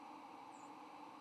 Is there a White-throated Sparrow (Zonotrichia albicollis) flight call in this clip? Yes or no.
no